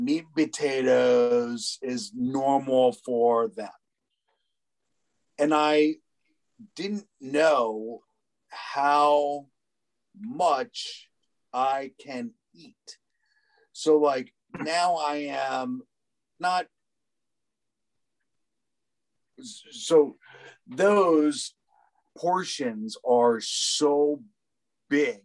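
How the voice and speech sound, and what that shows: An adult woman speaks haltingly, her speech broken by long pauses, with short, ungrammatical phrases, typical of nonfluent aphasia.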